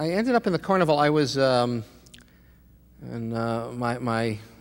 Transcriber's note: none